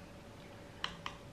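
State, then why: Seated. An attachment plate is fitted over the green part of an encaustic painting iron and pushed until it clicks onto a small lug. Two sharp clicks sound at 0.8 s and 1.1 s over a quiet background hum, and the plate is seated on the iron.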